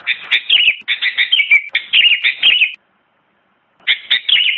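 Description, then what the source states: Sooty-headed bulbul singing bright, bubbly chattering phrases of quick slurred notes, three bursts in a row, then a pause before another burst begins. Kutilang, described as gacor, singing actively and persistently.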